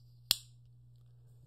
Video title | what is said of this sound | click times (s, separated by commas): Odenwolf W Picnic Unboxing! | I mean listen to this here I'll lock it back and you can just hear it snap into place | 0.3 s